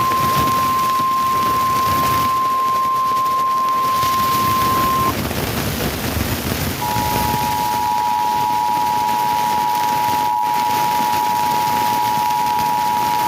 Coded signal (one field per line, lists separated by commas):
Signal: Emergency Alert System (SAME) tones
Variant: 853 and 960 Hz attention tone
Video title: Eas Alert #18 (VPTV-dt3) FIRE WARNING